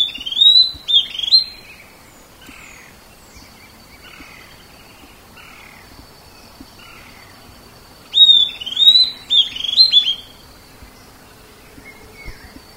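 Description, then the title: Southern antpipit calls: two bursts of sharp, upslurred whistled notes near the start and again after a long pause, with faint softer chips in between. "LuckyPassaro Completos2Sama. Southern Antpipit (Corythopis delalandi)"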